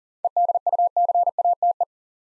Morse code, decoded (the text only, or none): EDUCATE